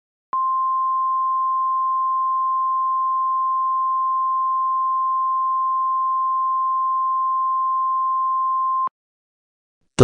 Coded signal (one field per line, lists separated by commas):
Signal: Emergency Alert System (SAME) tones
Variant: 1050 Hz attention tone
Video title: EAS Scenario - Carti Fans Ramapge